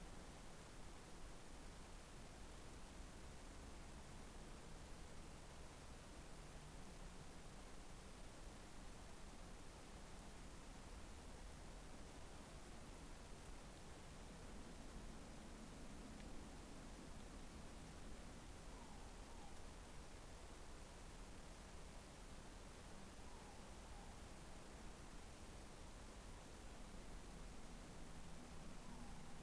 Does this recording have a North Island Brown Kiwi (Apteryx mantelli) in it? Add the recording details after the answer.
no. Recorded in New Zealand on 10 December 2013. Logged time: 02:28. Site DE65